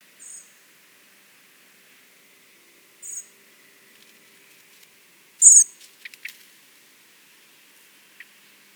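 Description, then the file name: Common blackbird making three short, thin high calls, the last one loudest, followed by a few soft clicks and rustles. "Turdus merula"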